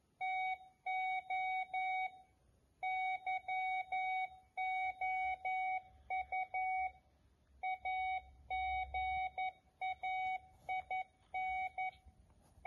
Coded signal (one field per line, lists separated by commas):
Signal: Morse code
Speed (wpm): 11 wpm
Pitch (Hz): 750 Hz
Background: none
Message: TO YOU AGAIN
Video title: Morse Code Reader / CW Decoder manufactured by JASON SYSTEMS 3695, Sector 23, Gurugram